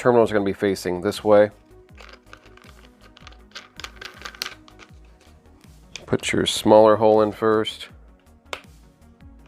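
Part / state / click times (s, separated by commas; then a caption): arcade button/gate part into cabinet control panel / seated / 8.5 s. Someone talks while fitting a plastic Happ button / 8-way gate part into an Arcade1up arcade cabinet control panel, putting the smaller hole in first and pressing the part home, with light handling clicks in between. A sharp snap at 8.5 s marks the part popping into place, seated.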